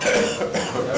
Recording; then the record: coughing mixed with background sound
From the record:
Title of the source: Wet Throat Infection Cough